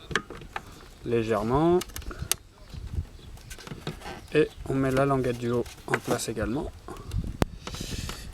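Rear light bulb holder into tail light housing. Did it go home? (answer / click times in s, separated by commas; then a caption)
yes / 7.4 s. Someone talks while the upper tab of a plastic rear-light bulb holder is pushed into its slot in the tail light housing of a Renault Mégane 2 during a rear brake light bulb change. A sharp click at 7.4 s marks the tab clipping in, and the holder is seated.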